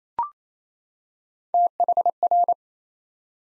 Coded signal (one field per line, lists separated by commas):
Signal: Morse code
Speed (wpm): 27 wpm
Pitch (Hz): 700 Hz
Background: none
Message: THR